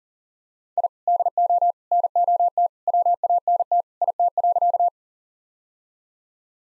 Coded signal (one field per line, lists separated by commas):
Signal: Morse code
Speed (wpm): 40 wpm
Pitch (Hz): 700 Hz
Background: none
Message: I DO NOT WANT IT.